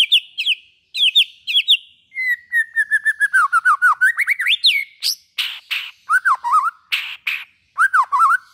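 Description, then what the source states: White-rumped shama song: paired whistled notes, a steady repeated note series, then rising and falling slurs alternating with harsh noisy calls. Used as a lure for trapping.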